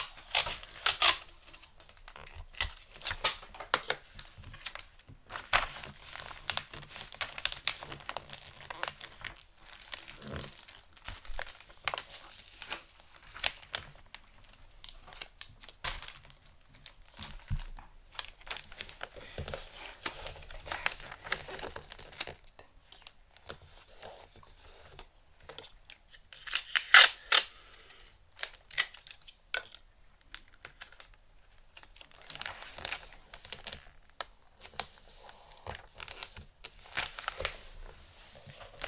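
Gift wrapping paper crinkles and rustles in dense, irregular bursts throughout, with bright crackly detail. Sharp snips and tearing sounds appear among the crumpling, with the busiest, loudest handling around 26 to 28 seconds and quieter pauses between flurries.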